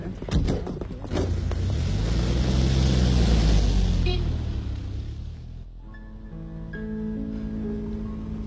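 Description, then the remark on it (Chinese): A car door thumps, then an engine rumbles and roars as the car pulls away, its low drone swelling and dropping off after about five seconds, followed by soft, sustained musical tones. “汽车慢一点。”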